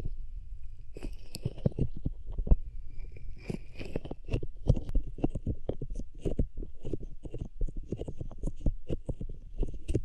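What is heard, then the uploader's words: Hands rub close against the microphone, making dense, crinkly friction sounds with frequent sharp crackles and pops throughout. Low rumbling thumps sit beneath a scratchy, bright hiss, and the rhythm stays busy and irregular with no talking. Rubbing Your Ears in My Hands Sensitive, Close Up Triggers (No Talking).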